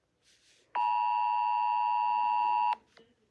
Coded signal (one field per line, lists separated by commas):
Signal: Emergency Alert System (SAME) tones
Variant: 853 and 960 Hz attention tone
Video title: Rating EAS alarms around North America